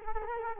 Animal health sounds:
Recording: mosquito wingbeat signal from an infrared sensor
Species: Culex quinquefasciatus

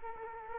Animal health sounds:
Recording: mosquito wingbeat signal from an infrared sensor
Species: Culex quinquefasciatus

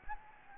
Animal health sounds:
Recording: mosquito wingbeat signal from an infrared sensor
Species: Anopheles gambiae

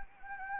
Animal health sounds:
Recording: mosquito wingbeat signal from an infrared sensor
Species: Anopheles gambiae

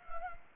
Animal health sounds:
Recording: mosquito wingbeat signal from an infrared sensor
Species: Anopheles gambiae

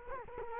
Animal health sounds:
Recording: mosquito wingbeat signal from an infrared sensor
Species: Culex quinquefasciatus

